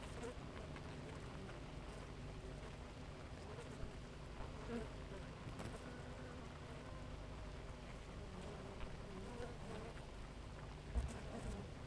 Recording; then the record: honeybee colony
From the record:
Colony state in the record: active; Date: 28 July 2017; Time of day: 5:03